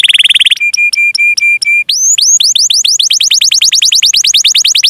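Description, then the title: Canary song: a brief fast trill, then a few steady, evenly spaced whistled notes, then a long burst of quick, repeated upward-sweeping chirps. Canary singing vigorously (gacor), with the best cengkok and the most lavish isian, intended for bird-song training. "Kenari Gacor Cengkok Terbaik Isian Paling Mewah"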